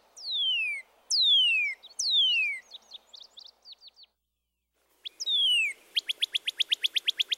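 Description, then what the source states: Northern Cardinal song: three loud downslurred whistles, then soft notes, a pause, and another downslur leading into a rapid series of short repeated notes. Downslurred 'cheer' phrase followed by repeated notes, two examples; both males and females sing; songs heard throughout the year.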